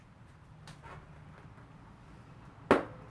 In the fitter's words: all right so you can hear it pop off